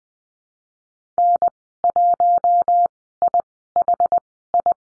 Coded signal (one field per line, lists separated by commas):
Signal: Morse code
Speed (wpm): 20 wpm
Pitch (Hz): 700 Hz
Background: none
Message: N1IHI